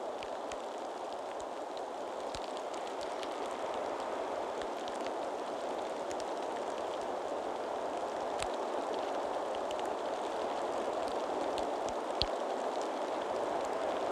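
Steady, dense rain hisses throughout, peppered with fine drop patter and a few sharper ticks near the third, eighth and twelfth seconds.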